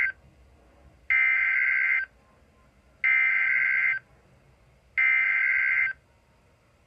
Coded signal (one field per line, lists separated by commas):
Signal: Emergency Alert System (SAME) tones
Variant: header bursts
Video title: EAS Alerts #9 & #10 Double Header #1 (Severe T Storm Warning #7 & Severe T Storm Watch #2) 5/21/18